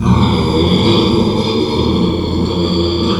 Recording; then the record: squeal of a Yucatan mini pig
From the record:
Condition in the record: after surgery on the right vocal fold (resection and tissue-engineered implant); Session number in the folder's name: 17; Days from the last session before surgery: 195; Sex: female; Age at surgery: 19 weeks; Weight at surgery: 25 kg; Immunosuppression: prednisolone